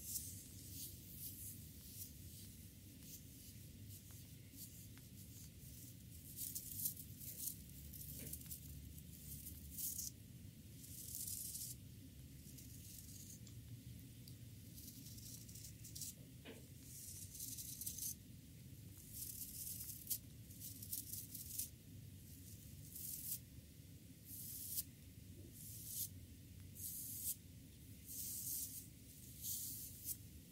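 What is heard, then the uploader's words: A soft brush sweeps repeatedly across a face, each stroke a bright airy swish lasting about a second, coming in a steady rhythm that grows busier after ten seconds. Underneath runs a low, constant rumble, with a few faint clicks scattered throughout. ASMR face brush relaxing massage with gentle touching. Facial brushing from Anna.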